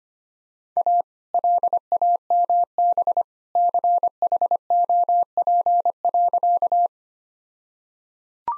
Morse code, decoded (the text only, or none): A LAMB CHOP.